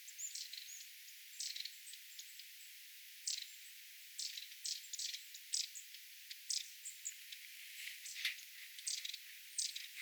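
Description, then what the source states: Long-tailed tit flock: repeated dry, buzzy rattling calls in short bursts, interspersed with thin high notes. Calls of a small flock of tits including long-tailed tits, 27 January 2026.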